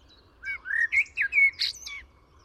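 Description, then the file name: Eurasian blackbird singing one short phrase: a few mellow, fluting warbled notes followed by a high, squeaky twittering flourish. "Turdus merula"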